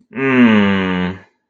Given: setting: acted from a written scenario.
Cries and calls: vocal sound without words; embarrassment

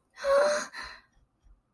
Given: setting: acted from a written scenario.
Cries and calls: vocal sound without words; distress

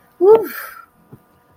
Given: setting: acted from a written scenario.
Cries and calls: vocal sound without words; ecstasy

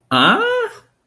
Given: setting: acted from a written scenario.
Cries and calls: vocal sound without words; negative surprise

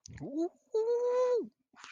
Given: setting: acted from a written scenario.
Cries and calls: vocal sound without words; elation

